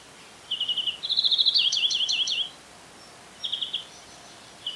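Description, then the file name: European greenfinch delivering a rapid trill that swells into a dense rattling twitter for about one and a half seconds, then shorter trill fragments after a pause. "Chloris chloris"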